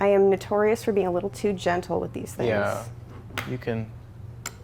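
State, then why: Seated. An M.2 SSD is pushed down and locked into its motherboard slot while someone talks. A sharp click at 4.5 s marks the drive seating into place.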